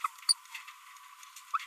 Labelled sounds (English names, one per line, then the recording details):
Green-rumped Parrotlet babbling
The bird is a female
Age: 27 days
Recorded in a nest box in Venezuela
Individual 17B42B3